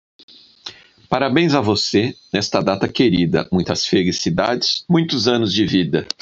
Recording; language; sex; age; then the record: short text; Brazilian Portuguese; male; 50 to 59 years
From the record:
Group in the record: control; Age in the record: 50 years